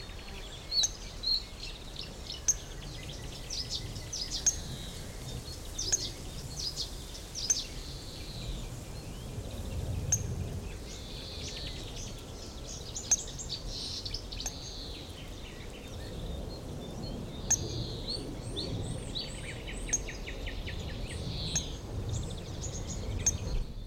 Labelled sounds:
Eurasian Coot (Fulica atra) call
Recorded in the wild
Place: Blankenfelde, Tegeler Fließ, Berlin, DE
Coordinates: 52.645, 13.395
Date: 1992-05-30 11:54
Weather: sonnig, heiter bis wolkig, 20-24°C, böiger Wind
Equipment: Marantz CP 430, Sennheiser ME 80, K 30 AV, Kopie Tesla B 116
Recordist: Tembrock, Günter

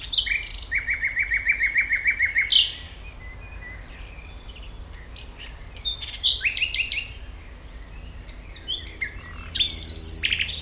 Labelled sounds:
Common Nightingale (Luscinia megarhynchos)
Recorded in the wild
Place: Schloßpark Niederschönhausen, Berlin, DE
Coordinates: 52.58, 13.4
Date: 1996-05-26 17:30
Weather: wechselnd wolkig, 17°C
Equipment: Sony MD-WM MZ-R3, Sennheiser MKH 416 T, Kopie Uher 4000 Report Monitor
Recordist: Tembrock, Günter

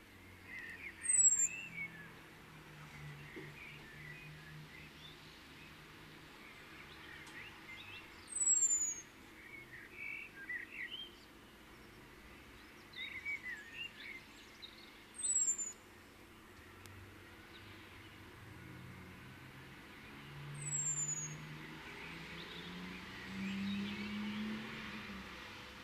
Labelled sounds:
Common Blackbird (Turdus merula)
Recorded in the wild
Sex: male
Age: adult
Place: Kaiserslautern, Rheinland-Pfalz, DE
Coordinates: 49.4247, 7.77889
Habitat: garden
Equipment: Nagra IV, Sennheiser MKH 405, Parabolreflektor
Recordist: Tretzel, Erwin

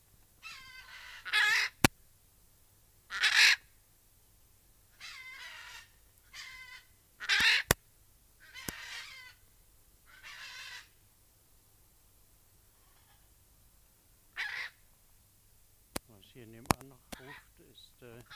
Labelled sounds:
Hyacinth Macaw (Anodorhynchus hyacinthinus) call
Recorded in captivity
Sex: pair
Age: adult
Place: Tiergarten Wilhelma/Stuttgart, Baden-Württemberg, DE
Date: 2000-09-22 18:03
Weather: bedeckt, 15°C
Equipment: Nagra SN, Kopie Uher 4000 Report Monitor
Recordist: Tembrock, Günter

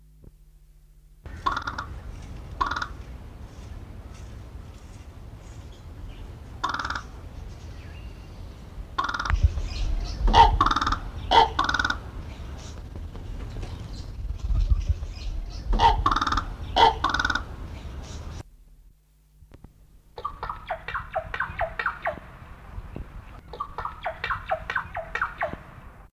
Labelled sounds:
Common Raven (Corvus corax) call
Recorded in captivity
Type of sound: call
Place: Zoo Krefeld, Nordrhein-Westfalen, DE
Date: 1975-02-14
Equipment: Halbspur, 9,5 cm/s
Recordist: Lütgens, Hans
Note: Rufe

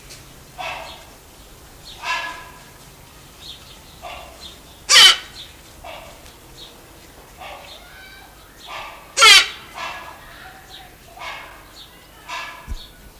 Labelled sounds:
Silvery-cheeked Hornbill (Bycanistes brevis) call
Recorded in captivity
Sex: male
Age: adult
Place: Zoo Berlin, Berlin, DE
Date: 1999-07-28 16:49
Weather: heiter, 24-26°C
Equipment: Sony WM-D6C, Sennheiser ME 80, Kopie Uher 4000 Report Monitor
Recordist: Tembrock, Günter
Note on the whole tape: Männchen: Kurzlaute. Entfernung ca

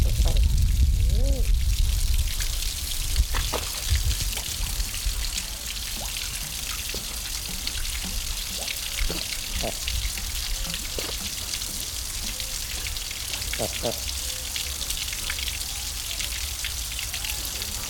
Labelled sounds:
Mallard (Anas platyrhynchos) call
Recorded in captivity
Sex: male
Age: adult
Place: Zoo Halle, Sachsen-Anhalt, DE
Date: 1997-03-22 16:53
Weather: Schnee bis Regen, um 0°C
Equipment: Sony MD-WM MZ-R3, Sennheiser MKH 416 T, Kopie Uher 4000 Report Monitor
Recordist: Tembrock, Günter

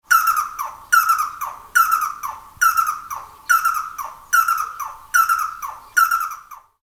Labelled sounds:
Red-and-yellow Barbet (Trachyphonus erythrocephalus)
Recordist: Tembrock, Günter
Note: Rufreihe

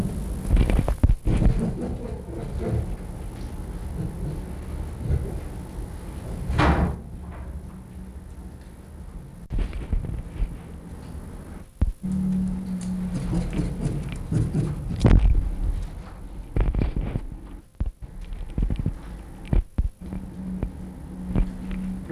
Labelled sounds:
Red Fox (Vulpes vulpes)
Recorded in captivity
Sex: pair
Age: adult
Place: Zoologisches Institut der HUB, Berlin, DE
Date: 1962-01-26 19:00
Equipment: Minifon, Kopie Smaragd
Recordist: Tembrock, Günter
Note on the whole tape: Rüde Jau läuft Molly nach, dabei Analwittern und Muffen (LMfo), später, als Molly draußen ist, Jau Bellstrophe, Molly auch Abwehrlaute (Knurren) gegen Jau. Jau einmal Kopfheben und dabei "Knuffen" (LKn). Fuchsanlage innen, Abstand 50 cm bis 2 m

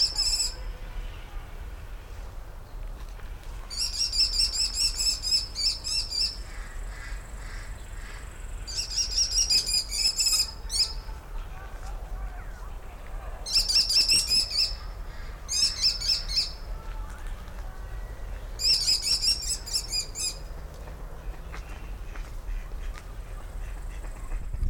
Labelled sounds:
American Kestrel (Falco sparverius) call
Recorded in captivity
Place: Timmendorfer Strand, Holsteinische Schweiz, Schleswig-Holstein, DE
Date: 1992-09-21 16:09
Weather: sonnig, 22°C
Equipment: Marantz CP 430, Sennheiser ME 80, Kopie Tesla B 116
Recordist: Tembrock, Günter
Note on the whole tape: Vogelpark Niendorf; Rufreihen, dann Laute des Weibchens; später Fütterung Lautfolgen Männchen gegen Weibchen

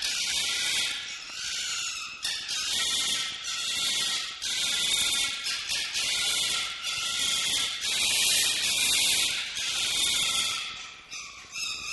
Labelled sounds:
Red Fox (Vulpes vulpes)
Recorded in captivity
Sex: male
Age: adult
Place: Zoologisches Institut der HUB, Berlin, DE
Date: 1955-03-07 19:50
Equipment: Elmetra
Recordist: Tembrock, Günter

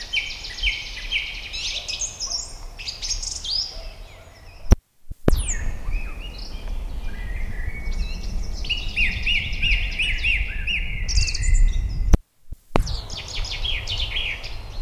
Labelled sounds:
Song Thrush (Turdus philomelos) song
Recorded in the wild
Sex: male
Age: adult
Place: Ebrach, Bayern, DE
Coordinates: 49.8481, 10.4878
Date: 1962-04-17
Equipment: Stellavox SM 5, Original, Vollspur
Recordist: Tretzel, Erwin

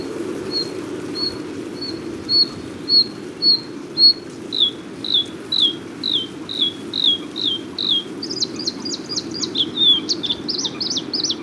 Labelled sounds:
Bluethroat (Luscinia svecica) song
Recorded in the wild
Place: Galenbeck, Mecklenburg-Vorpommern, DE
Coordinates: 53.626, 13.721
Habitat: Lake
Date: 1980-04-18
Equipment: Nagra III BH, Sennheiser MD 21, parabola
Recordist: Schubert, Michael

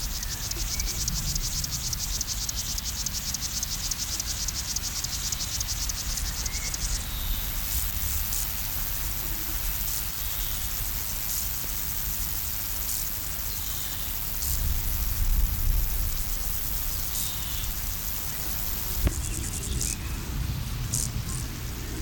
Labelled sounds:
Field Grasshopper (Chorthippus brunneus) stridulation
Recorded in the wild
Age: imago
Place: Blankenfelde, Tegeler Fließ, Berlin, DE
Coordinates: 52.604, 13.4
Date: 1993-07-10
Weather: 24°C, sonnig-heiter
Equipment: Marantz CP 430, Sennheiser ME 80, Kopie Uher Variocord 263
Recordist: Tembrock, Günter

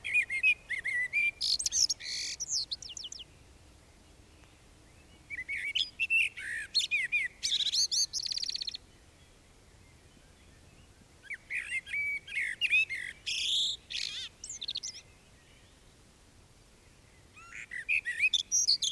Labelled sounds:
Common Blackbird (Turdus merula) song
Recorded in the wild
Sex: male
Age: adult
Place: Bielefeld-Mitte, Nordrhein-Westfalen, DE
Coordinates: 52.0081, 8.54694
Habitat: residential district
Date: 1968-04-20
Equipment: Uher 4000 Report-S, Bändchenmikro Beyer M 260, Parabolspiegel Polyester (470 mm)
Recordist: Conrads, Klaus

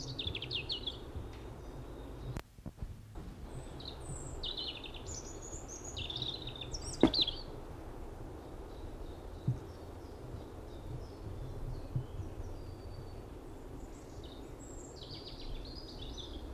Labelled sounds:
European Robin (Erithacus rubecula) song
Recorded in the wild
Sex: male
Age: adult
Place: Summt, am Buchenberg, Brandenburg, DE
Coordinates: 52.695, 13.3594
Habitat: hight spruce forest
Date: 1975-05-02 11:52
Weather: sunny, few clouds, 16°C
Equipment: Uher CR 210, Sennheiser MD 421, Reflektor, Verstärker, Kopie Uher 4200
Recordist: Tembrock, Günter

